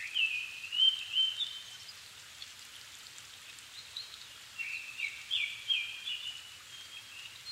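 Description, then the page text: Japanese thrush song: two bursts of fluty whistled phrases separated by a few seconds of hiss. Recorded 7 May 2011 at 17:59 in the evening, at 270 m altitude, with a Sony PCM-D50 and Panasonic WM-61A mic, in Japan. "kurotugumi 20110507-1759. Turdus cardis [Sounds -Nikko Today-]"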